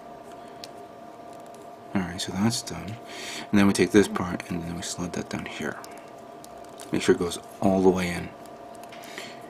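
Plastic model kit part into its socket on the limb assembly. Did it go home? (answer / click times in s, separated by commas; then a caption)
no / none. Someone talks while a plastic part of a Bandai HG 1/60 ARX-7 Arbalest robot model kit is slid down into its socket on the limb assembly and pushed all the way in. There is only a soft sliding sound, because the part slides in rather than snapping. Nothing clicks or snaps into place.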